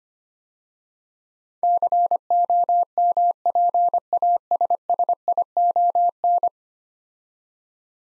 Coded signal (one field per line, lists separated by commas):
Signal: Morse code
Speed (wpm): 25 wpm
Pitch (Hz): 700 Hz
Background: none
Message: COMPASSION